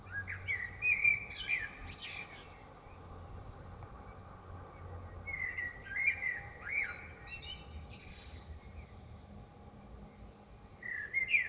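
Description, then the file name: Common blackbird song: mellow whistled phrases ending in higher squeaky twitters, given in bouts several seconds apart over a steady low background rumble. Recorded in Dresden. "DRESDE Merle"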